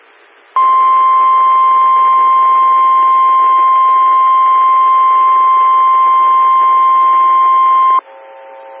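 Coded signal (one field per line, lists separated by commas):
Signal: Emergency Alert System (SAME) tones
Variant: 1050 Hz attention tone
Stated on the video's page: Morse ident of a 147.255 MHz SKYWARN repeater.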